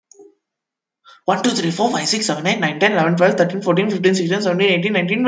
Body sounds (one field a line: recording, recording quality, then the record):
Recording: counting at a fast pace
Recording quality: excellent, no background noise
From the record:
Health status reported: COVID-19 positive, moderate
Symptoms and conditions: cold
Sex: female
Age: 50 years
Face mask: not worn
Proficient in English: yes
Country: France